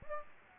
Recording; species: mosquito wingbeat signal from an infrared sensor; Aedes aegypti